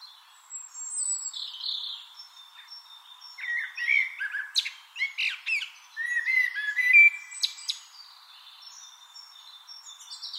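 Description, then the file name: Eurasian blackbird song: several warbled phrases and thin squeaky twitters, with faint high whistles between. "Turdus merula"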